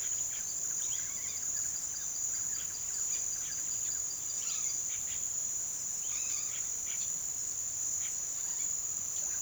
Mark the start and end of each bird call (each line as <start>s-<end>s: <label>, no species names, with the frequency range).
0.00s-1.43s: bird call (1.0-4.0 kHz)
2.36s-4.07s: bird call (0.5-4.2 kHz)
4.37s-5.25s: bird call (1.0-4.9 kHz)
5.98s-6.61s: bird call (0.6-5.6 kHz)
8.39s-8.68s: bird call (1.1-5.4 kHz)